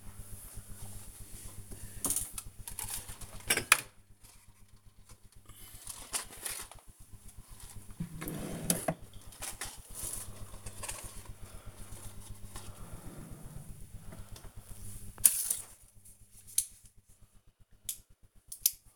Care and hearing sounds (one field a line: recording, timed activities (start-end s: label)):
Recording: household activities, microphone on the right wrist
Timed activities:
0.00-18.96 s: tidy up the cupboard